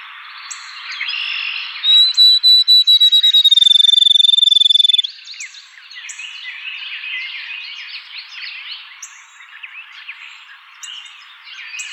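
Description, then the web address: Field sparrow song: clear whistled notes near one pitch that quicken into a fast, slightly falling trill over about three seconds, over a busy chorus of other chirping birds. Recorded in 2007. "Field Sparrow 2007 01 04"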